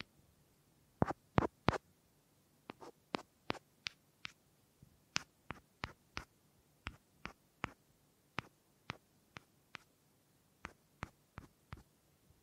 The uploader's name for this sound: Wood Triggers